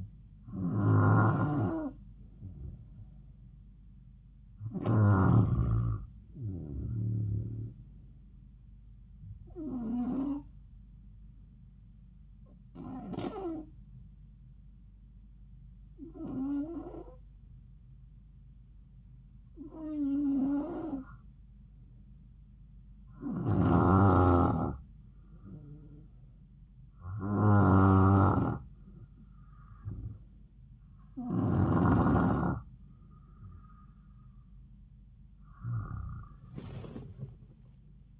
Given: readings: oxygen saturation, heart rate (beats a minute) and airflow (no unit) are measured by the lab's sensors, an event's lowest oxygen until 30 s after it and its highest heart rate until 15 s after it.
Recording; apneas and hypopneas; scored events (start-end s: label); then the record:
breathing in sleep by a smartphone at the bedside; 1
13.00-27.50 s: hypopnea (N2, oxygen 94% highest, then 91% lowest, heart rate 71 at the start, 73 highest)
From the record:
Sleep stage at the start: N2 (light sleep); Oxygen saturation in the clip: 91 to 94%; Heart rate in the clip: 66 to 74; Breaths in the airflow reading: 10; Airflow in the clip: -4.7 to 6.4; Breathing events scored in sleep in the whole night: 270 in 6.1 hours asleep